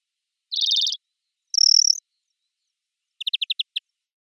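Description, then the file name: European greenfinch calls: a short buzzy rattle, then a brief thin higher buzz, then a quick series of about seven clipped chirps, against silence. "Chloris chloris"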